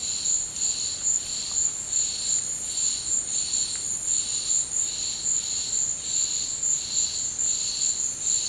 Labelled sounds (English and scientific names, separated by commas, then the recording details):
none
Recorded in dense forest near Puerto Asís, Putumayo, Colombia, on 24 March 2025 at 15:30
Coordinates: 0.485, -76.318
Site G056